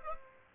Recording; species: mosquito wingbeat signal from an infrared sensor; Aedes aegypti